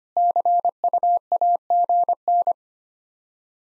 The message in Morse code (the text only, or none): CUAGN